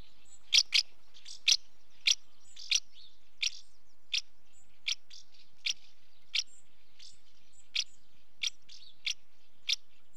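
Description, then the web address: House martin calls: a steady run of sharp chirps roughly every half second to second, some in quick pairs, with faint twittering underneath. Female calling at the nest. "BBC Sound Effects Library. House Martin"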